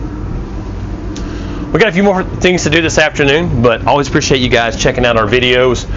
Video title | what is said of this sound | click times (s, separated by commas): SOLD 2022 Showhauler Custom Coach Sold by Performance Motorcoaches | always make sure in any manufacturer when you close these you hear the snap so very important | 1.2 s